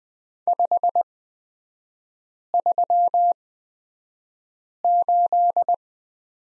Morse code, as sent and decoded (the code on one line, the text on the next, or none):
..... ...-- ---..
538